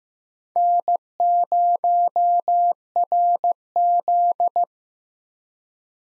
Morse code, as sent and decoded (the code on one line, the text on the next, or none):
-. ----- .-. --..
N0RZ